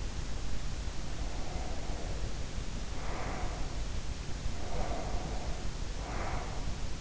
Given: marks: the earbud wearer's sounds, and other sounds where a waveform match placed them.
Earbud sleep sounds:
sounds in sleep by an in-ear microphone; breath
0.92-3.92 s: breath
4.28-7.01 s: breath

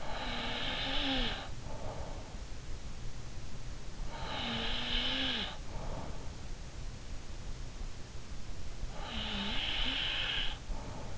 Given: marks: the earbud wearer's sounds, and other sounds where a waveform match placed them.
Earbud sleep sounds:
sounds in sleep by an in-ear microphone; snoring breath
0.00-2.51 s: snoring breath
4.05-6.34 s: snoring breath
8.85-11.18 s: snoring breath

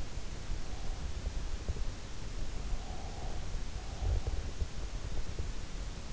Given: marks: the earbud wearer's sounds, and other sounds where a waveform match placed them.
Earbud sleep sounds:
sounds in sleep by an in-ear microphone; breath
2.52-4.39 s: breath

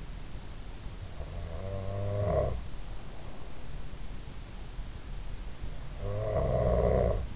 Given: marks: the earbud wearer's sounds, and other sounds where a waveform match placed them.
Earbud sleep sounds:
sounds in sleep by an in-ear microphone; snoring breath
0.87-2.70 s: snoring breath
5.78-7.36 s: snoring breath

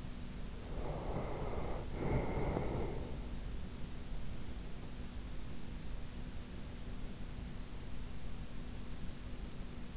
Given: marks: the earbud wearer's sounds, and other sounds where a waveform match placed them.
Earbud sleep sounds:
sounds in sleep by an in-ear microphone; breath
0.00-3.99 s: breath

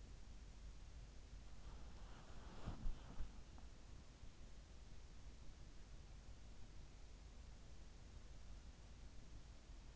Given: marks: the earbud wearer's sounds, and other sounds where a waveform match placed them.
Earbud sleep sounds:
sounds in sleep by an in-ear microphone; body movement
0.00-5.01 s: body movement

